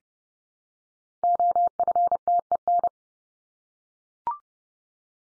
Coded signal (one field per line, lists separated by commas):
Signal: Morse code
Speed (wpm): 30 wpm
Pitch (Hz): 700 Hz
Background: none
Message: OFTEN